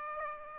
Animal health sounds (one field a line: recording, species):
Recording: mosquito wingbeat signal from an infrared sensor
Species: Aedes aegypti